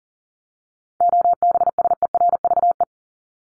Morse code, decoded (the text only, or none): OBSERVE